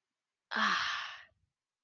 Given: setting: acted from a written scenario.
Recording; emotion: vocal sound without words; embarrassment